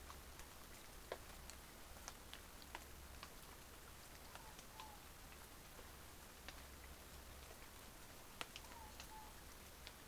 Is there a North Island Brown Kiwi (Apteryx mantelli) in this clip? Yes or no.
no